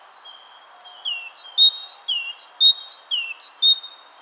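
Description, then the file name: Great tit repeating a sharp high note followed by a drooping lower whistle, about one pair per second, six times in a row. "Parus major"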